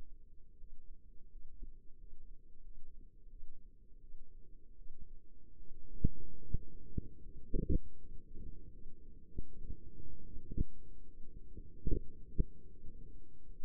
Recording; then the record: forearm muscle sounds (acoustic myography)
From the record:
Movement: rest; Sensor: system 2, bracelet of six BSWA MPA416 microphones around the upper forearm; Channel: 1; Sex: female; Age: 23 years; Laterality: right